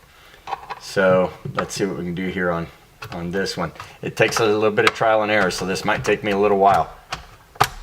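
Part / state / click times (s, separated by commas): driver airbag module retaining clip in steering wheel / released / 7.6 s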